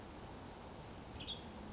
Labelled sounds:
Western Tanager (Piranga ludoviciana)
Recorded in Sonoma County, California

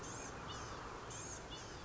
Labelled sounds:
Blue-gray Gnatcatcher (Polioptila caerulea)
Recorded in Sonoma County, California

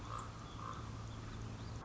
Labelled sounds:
Common Raven (Corvus corax)
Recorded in Sonoma County, California

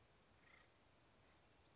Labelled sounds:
Acorn Woodpecker (Melanerpes formicivorus)
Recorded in Sonoma County, California

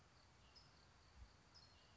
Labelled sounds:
California Towhee (Melozone crissalis)
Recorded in Sonoma County, California

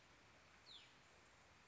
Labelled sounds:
Hutton's Vireo (Vireo huttoni)
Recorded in Sonoma County, California

